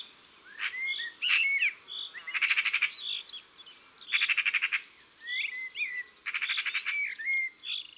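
Eurasian magpie calls: harsh, rapid rattling chatters in three bursts, with short whistled notes between them.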